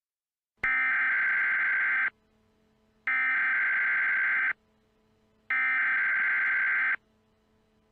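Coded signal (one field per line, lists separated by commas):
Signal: Emergency Alert System (SAME) tones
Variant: header bursts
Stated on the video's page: Mock EAS alert.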